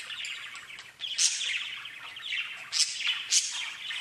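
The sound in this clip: Budgerigar chatter, a rasping warble with three bright, sharp chirps.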